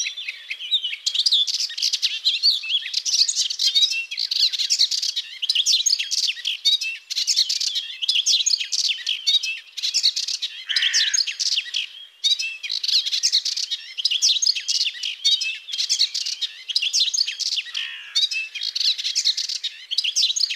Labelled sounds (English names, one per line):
Melodious Warbler song